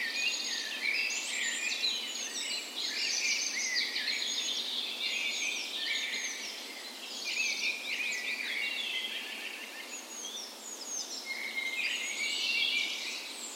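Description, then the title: Birds singing together at dawn, overlapping trills, clear whistled notes and twittering phrases layered thickly throughout. Dawn chorus in a park west in Bergen, Norway, morning of 17 May, Norway's National Day, in spring; recorded with Sony PCM A10 and LOM Usi microphones as tree ears. "17th Of May Dawn Chorus"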